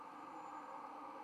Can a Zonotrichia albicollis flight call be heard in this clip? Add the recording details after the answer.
no. No flight call is heard. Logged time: 23:22 on 30 October 2014